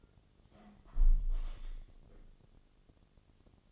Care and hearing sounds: daily activity, microphone in the room; close window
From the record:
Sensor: 4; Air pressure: 1015.8 hPa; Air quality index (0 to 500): 92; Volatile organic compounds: 2 ppm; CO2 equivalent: 1026 ppm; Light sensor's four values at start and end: 9/20/8/7 and 9/20/8/7

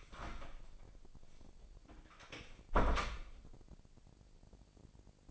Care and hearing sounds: daily activity, microphone in the room; close door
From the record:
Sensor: 5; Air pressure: 1012.4 hPa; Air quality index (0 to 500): 160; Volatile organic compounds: 2 ppm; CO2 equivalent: 1092 ppm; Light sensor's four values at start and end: 248/601/253/277 and 244/593/250/273

